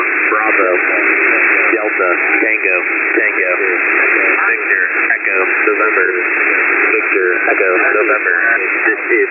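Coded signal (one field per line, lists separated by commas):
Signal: coded military voice message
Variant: HFGCS Emergency Action Message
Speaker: So So these could have been uh arming codes. Listen.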